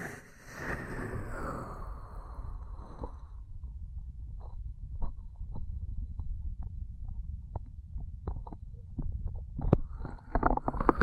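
Ear cleaning and massage sounds: a low, muffled rumbling rubbing runs throughout, with a brighter swishing sweep in the first three seconds. Short soft taps and clicks land every half second or so, thickening into rustling near the end.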